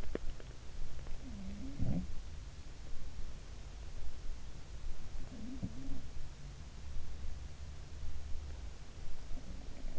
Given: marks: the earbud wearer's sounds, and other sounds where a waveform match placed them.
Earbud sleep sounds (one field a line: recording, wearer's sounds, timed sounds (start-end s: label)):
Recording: sounds in sleep by an in-ear microphone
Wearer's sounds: teeth grinding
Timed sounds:
0.00-0.35 s: teeth grinding
1.40-2.24 s: sound from someone else or the room
5.10-6.17 s: sound from someone else or the room
9.27-9.99 s: sound from someone else or the room